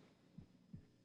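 Simulated heartbeat sound effect of an adult man, heard during a lie detector test: two low, dull thumps within one second.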